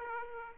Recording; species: mosquito wingbeat signal from an infrared sensor; Aedes aegypti